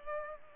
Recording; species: mosquito wingbeat signal from an infrared sensor; Culex pipiens